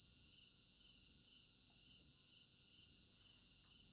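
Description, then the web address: Crickets chirping in a steady, shrill high chorus, with a lower pulsing trill throughout. Crickets in an African village garden at night, recorded in stereo binaural. "African-Village Garden Night Crickets Stereo-Binaural. immersive sound library"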